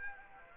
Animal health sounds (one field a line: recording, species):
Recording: mosquito wingbeat signal from an infrared sensor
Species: Aedes aegypti